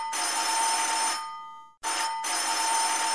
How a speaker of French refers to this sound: Tandis que je contourne l'horreur, il me vient à l'esprit que j'ai oublié les clés et je me vois contrainte de sonner, réveillant toute la maisonnée à coups de sonneries stridentes.